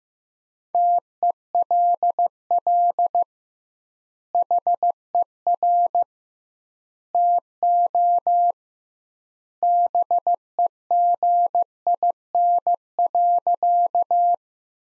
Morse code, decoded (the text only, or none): TELL HER TO BEGIN.